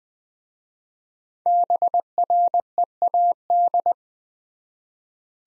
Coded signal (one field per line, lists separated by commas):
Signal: Morse code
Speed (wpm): 20 wpm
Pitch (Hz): 700 Hz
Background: none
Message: BREAD